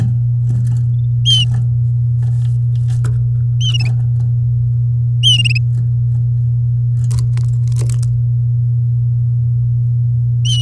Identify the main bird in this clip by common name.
Domestic Canary